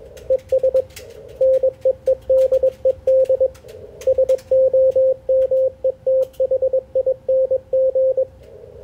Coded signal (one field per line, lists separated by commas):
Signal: Morse code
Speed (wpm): 21 wpm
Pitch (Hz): 520 Hz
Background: radio noise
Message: ES NEEDED SOMETHING